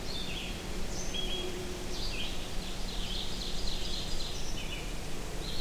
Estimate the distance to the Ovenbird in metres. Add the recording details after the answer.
about 55 m. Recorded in boreal forest in Alberta, Canada, on 23 June 2016 at 08:58. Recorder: SongMeter 3, array SBT-6-76. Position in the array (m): 12 m, 93 m. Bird 2